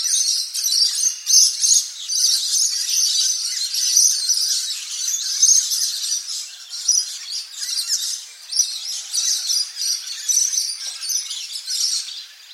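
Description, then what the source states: Scaly-breasted Lorikeet screeching: a dense, continuous run of shrill, high-pitched screeches, varying in loudness throughout. Known for its high-pitched screech; Mount Molloy, Queensland, Australia.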